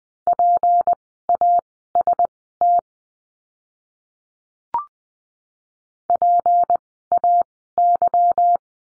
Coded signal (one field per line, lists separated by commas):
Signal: Morse code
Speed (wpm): 20 wpm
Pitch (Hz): 700 Hz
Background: none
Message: PAST PAY